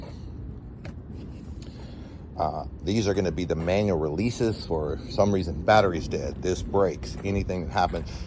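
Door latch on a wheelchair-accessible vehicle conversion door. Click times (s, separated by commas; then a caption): 0.8 s. The rear door latch on a 2015 Honda Pilot wheelchair-accessible conversion pops open at 0.8 s with a short, sharp pop after the door is pushed in and its release button is pressed, and the door comes right open; a fainter tick follows at 1.6 s. Someone then talks over low background noise.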